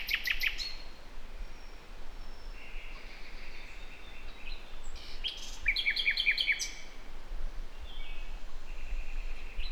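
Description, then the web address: Common nightingale song: a loud opening trill, soft whistles, then a rapid repeated burst of sharp notes, against steady low-frequency noise. "SETE Luscinia megarhynchos"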